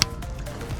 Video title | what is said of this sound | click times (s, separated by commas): Jetta MK7 Cambio de Valvula de Presion de Aceite P164E | lì si è sentito Come ha fatto clic, | 0.0 s